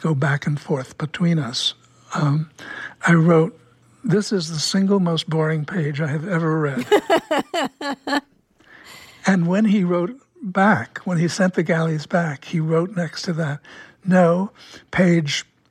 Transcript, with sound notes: they'd go back and forth between us - I wrote, this is the single most boring page I have ever read.
(Laughter).
And when he wrote back, when he sent the galleys back, he wrote next to that, no. Page